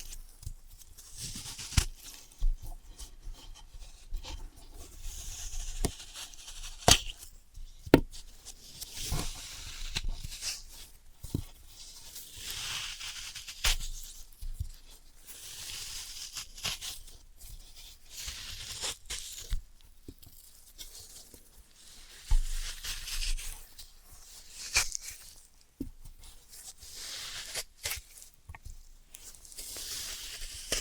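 Floral foam being tapped, cut and crushed, with sharp clicks and taps scattered irregularly throughout. Between them come soft, hissy crunching and scraping passages that swell and fade. Brief low thumps accompany some of the taps.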